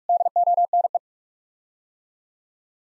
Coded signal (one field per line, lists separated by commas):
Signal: Morse code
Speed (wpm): 43 wpm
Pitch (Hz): 700 Hz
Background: none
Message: DONE